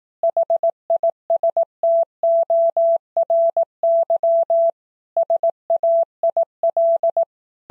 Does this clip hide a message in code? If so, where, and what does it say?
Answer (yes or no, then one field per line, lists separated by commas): yes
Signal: Morse code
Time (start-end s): 0.2-7.2 s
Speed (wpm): 18 wpm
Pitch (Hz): 670 Hz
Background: none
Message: HISTORY SAIL